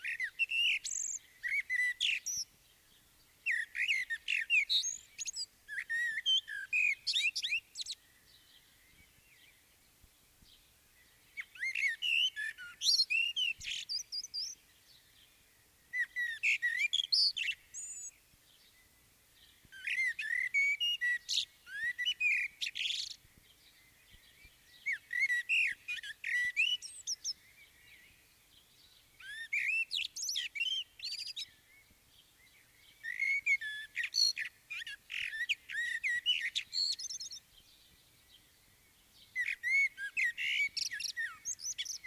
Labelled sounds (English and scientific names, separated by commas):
Common Blackbird (Turdus merula) song